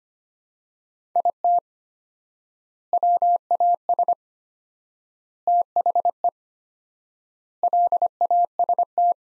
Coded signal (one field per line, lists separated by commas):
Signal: Morse code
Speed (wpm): 25 wpm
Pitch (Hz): 700 Hz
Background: none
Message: IT WAS THE LAST